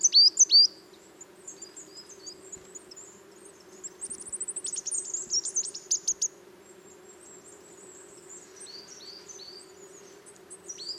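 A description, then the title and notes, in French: Many birds sing and call through the morning air, with sharp chirps opening the clip, a burst of rapid trilling and tweeting around four to six seconds, and scattered high whistles after. Beneath them runs a steady low hum. Safari sonore - Automne à la Sarcena. Voici le résumé d'un safari sonore effectué en forêt de Val Drôme. Beaucoup d'oiseaux en cette belle matinée ensoleillée, mais aussi beaucoup d'avions.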